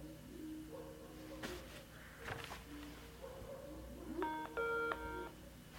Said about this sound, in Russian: Что случилось тут? Что-то... Звон.